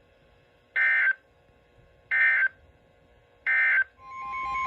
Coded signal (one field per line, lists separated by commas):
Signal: Emergency Alert System (SAME) tones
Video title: Severe Thunderstorm Warnings (EAS #579-585)